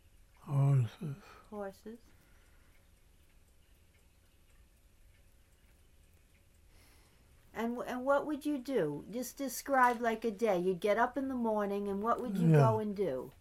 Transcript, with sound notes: Cows.
Horses. [pause]
And what would you do? Just describe like a day. You get up in the morning and what would you go and do?